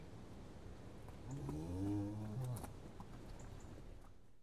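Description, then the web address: Cow giving a single low moo, swelling and then fading over about a second, with scattered knocks and clatter in the background. Several cows mooing in a yard. "BBC Sound Effects Library - Livestock - Cows Mooing In Yard"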